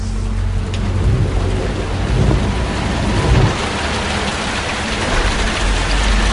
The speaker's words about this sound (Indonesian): Begitupun setelah turun dari angkot, ternyata hujan masih saja deras.